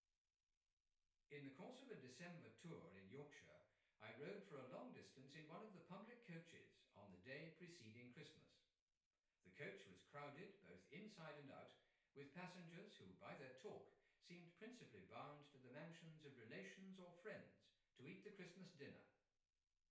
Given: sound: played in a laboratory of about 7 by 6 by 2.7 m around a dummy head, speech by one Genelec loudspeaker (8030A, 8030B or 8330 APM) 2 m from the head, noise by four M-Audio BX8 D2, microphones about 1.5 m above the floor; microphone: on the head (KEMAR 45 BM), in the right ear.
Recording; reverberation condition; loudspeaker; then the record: male speech in English; medium; 150 degrees to the left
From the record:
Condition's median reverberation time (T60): about 510 ms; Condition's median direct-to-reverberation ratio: about -0.5 dB